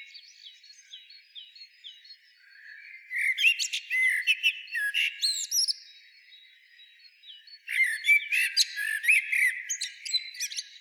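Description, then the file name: Common blackbird singing: faint repeated soft notes at first, then two loud bursts of mixed warbling and high, scratchy twitters with a quiet gap between. "Turdus merula"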